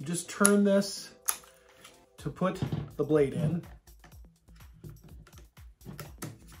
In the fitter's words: and it just snaps right in